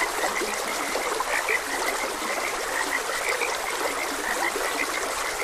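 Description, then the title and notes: Frogs give a steady stream of short, chirpy croaks from several callers at once, backed by continuous trickling water noise. Frogs croaking beside a gentle stream. "Gentle Stream and Frogs Croaking - Calming Sounds of Nature. Sleep and Relaxation Podcast"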